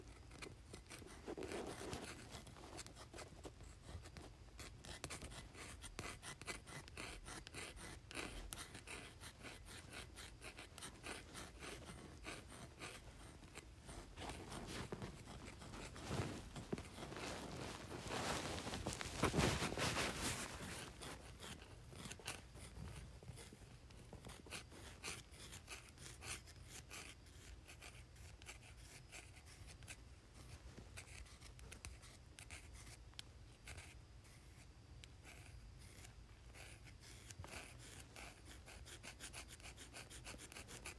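A pencil scratches and rubs across cardboard in dense, continuous strokes, a dry gritty texture with quick repeated clicks. The scraping grows heavier and louder around the middle, peaking near twenty seconds, then settles into lighter, steadier scribbling.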